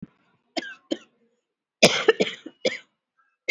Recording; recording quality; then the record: heavy voluntary cough; excellent, no background noise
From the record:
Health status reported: COVID-19 positive, moderate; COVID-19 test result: positive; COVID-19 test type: RT-PCR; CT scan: not taken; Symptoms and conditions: cough, cold, fever, loss of smell and taste, diabetes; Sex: female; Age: 54 years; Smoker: no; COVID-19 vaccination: one dose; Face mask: worn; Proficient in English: yes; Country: India